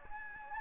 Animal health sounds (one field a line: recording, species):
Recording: mosquito wingbeat signal from an infrared sensor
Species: Anopheles gambiae